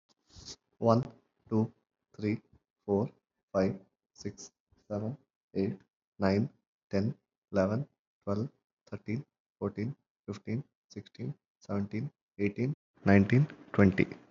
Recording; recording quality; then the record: counting at a normal pace; excellent, no background noise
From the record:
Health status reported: healthy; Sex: male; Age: 30 years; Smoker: yes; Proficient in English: yes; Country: India